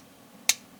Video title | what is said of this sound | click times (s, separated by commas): A Review of Action Toys' Mini Action Combattler V | Yeah, I think that works. You'll hear a click. | 0.5 s